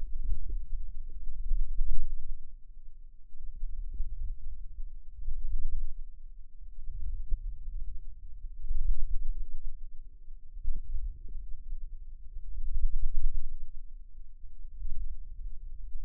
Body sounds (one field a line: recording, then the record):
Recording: forearm muscle sounds (acoustic myography)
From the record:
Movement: wrist extension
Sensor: system 2, bracelet of six BSWA MPA416 microphones around the upper forearm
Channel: 1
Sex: female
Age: 22 years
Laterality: right